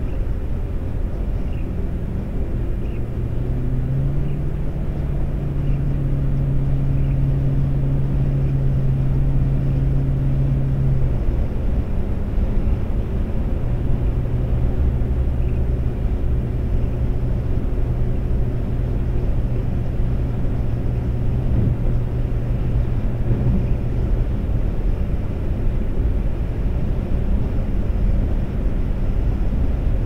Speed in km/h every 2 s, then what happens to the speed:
118, 118, 119, 121, 122, 122, 121, 122, 124, 126, 127, 129, 127, 127, 127.
0-30 steady at about 122.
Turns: none.